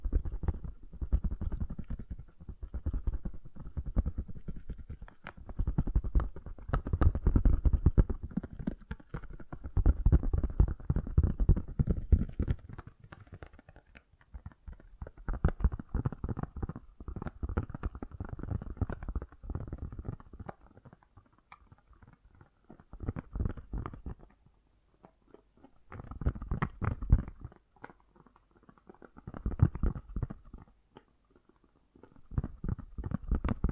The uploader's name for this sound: Fast & Gentle Tapping